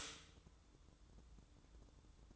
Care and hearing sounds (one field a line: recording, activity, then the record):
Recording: daily activity, microphone in the room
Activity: stop toaster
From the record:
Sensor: 3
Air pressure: 1007.1 hPa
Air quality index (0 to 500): 55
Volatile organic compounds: 1 ppm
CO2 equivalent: 595 ppm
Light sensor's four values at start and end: 9/20/8/8 and 9/20/8/8